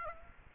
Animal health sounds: mosquito wingbeat signal from an infrared sensor; Aedes aegypti

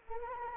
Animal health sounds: mosquito wingbeat signal from an infrared sensor; Anopheles arabiensis

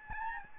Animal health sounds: mosquito wingbeat signal from an infrared sensor; Aedes albopictus

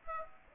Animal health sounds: mosquito wingbeat signal from an infrared sensor; Aedes aegypti

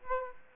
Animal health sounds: mosquito wingbeat signal from an infrared sensor; Aedes aegypti

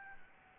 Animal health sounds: mosquito wingbeat signal from an infrared sensor; Aedes albopictus

